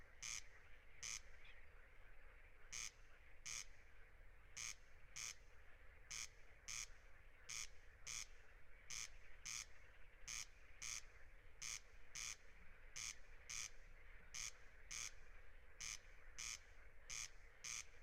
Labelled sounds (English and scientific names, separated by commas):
Corn Crake (Crex crex) song